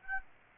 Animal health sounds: mosquito wingbeat signal from an infrared sensor; Aedes aegypti

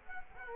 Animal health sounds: mosquito wingbeat signal from an infrared sensor; Culex quinquefasciatus

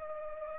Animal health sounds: mosquito wingbeat signal from an infrared sensor; Culex pipiens

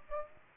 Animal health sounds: mosquito wingbeat signal from an infrared sensor; Aedes aegypti

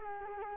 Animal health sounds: mosquito wingbeat signal from an infrared sensor; Culex quinquefasciatus

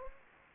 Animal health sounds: mosquito wingbeat signal from an infrared sensor; Anopheles gambiae

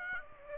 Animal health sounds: mosquito wingbeat signal from an infrared sensor; Aedes aegypti

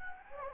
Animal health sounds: mosquito wingbeat signal from an infrared sensor; Anopheles gambiae

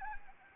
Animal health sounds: mosquito wingbeat signal from an infrared sensor; Anopheles arabiensis

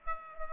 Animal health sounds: mosquito wingbeat signal from an infrared sensor; Aedes aegypti

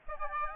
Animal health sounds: mosquito wingbeat signal from an infrared sensor; Aedes aegypti

